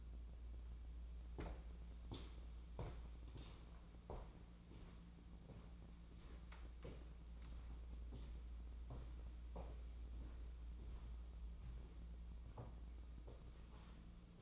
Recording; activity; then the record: daily activity, microphone in the room; walk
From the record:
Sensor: 1